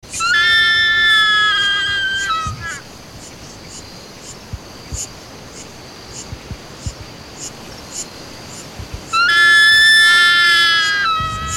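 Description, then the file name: Crowned solitary eagle giving two loud, ringing whistled screams separated by a quiet gap of several seconds with faint scattered clicks; the second scream runs to the end. "Águia-Cinzenta"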